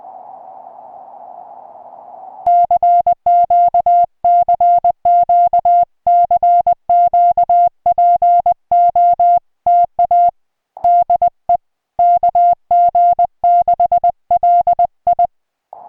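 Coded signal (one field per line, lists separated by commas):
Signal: Morse code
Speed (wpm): 20 wpm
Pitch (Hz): 700 Hz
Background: music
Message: CQ CQ CQ POTA DE KG6LI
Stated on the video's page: Morse from a park activation of Santa Rosa-San Jacinto National Monument (K-4546), restored recording.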